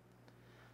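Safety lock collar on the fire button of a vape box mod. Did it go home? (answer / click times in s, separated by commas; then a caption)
yes / 0.3 s. The knurled safety collar on the fire button of a Stentorian Ram resin box squonker mod is turned all the way, and a short, sharp click sounds at 0.3 s over a steady low hum. The collar seats in the locked position, so the fire button no longer moves and the mod cannot fire.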